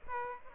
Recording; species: mosquito wingbeat signal from an infrared sensor; Aedes aegypti